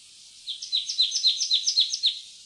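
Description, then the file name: Marsh tit calling, a quick run of about seven paired notes, a lower chirp followed by a thin high tick, repeated rapidly for under two seconds. "loevmeis"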